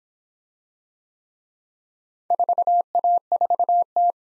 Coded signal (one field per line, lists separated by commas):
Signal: Morse code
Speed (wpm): 26 wpm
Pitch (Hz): 700 Hz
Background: none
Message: 4A4T